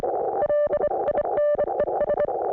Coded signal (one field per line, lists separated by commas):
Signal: Morse code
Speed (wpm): 25 wpm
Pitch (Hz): 590 Hz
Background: none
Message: LINES